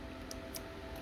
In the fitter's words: you can hear it click